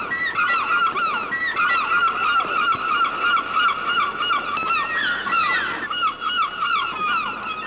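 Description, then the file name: Gulls calling, several birds giving harsh, nasal yelping cries in quick overlapping series, some notes sliding downward, with faint background noise. "seagulls"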